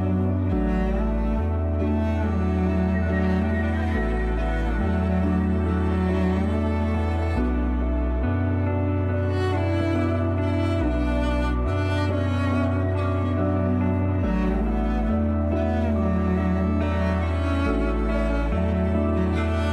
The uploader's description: string music set against a back drop of quiet wind and birds